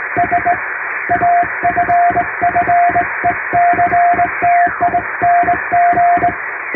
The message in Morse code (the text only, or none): S AFFECTING